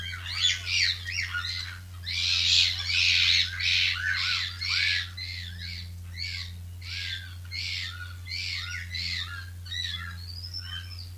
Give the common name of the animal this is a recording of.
Tufted Capuchin